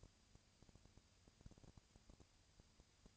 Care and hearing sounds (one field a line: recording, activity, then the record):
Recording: daily activity, microphone in the room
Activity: no activity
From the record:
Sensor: 2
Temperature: 20.3 degrees Celsius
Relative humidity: 37.0%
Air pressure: 998.7 hPa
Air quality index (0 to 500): 236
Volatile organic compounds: 38 ppm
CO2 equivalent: 3112 ppm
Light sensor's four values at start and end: 2/3/2/2 and 2/3/2/2